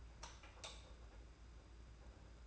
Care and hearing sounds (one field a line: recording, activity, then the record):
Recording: daily activity, microphone in the room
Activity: light on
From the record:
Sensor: 2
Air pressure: 991.7 hPa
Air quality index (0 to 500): 227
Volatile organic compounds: 1000 ppm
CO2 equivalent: 7613 ppm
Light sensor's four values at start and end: 11/27/11/11 and 11/27/11/11